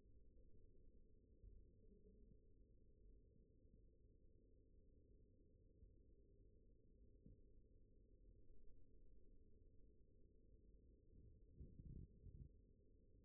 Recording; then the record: forearm muscle sounds (acoustic myography)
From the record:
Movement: rest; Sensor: system 1, eight BSWA MPA416 microphones around the upper forearm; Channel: 5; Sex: male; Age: 42 years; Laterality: right